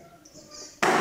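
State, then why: Seated. The rear of a motorcycle top case is pressed down onto its mounting base on the rear rack plate of an NXR Bros, with quiet handling noise before a sharp, loud snap at 0.8 s. The snap is the rear latch engaging, and the case is locked in place.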